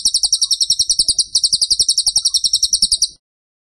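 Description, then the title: Tembakan bird song: a fast, steady run of shrill, high-pitched chirps lasting about three seconds, then stopping abruptly. Masteran (training recording) of gacor, vigorous continuous singing. "Masteran Burung Tembakan Gacor"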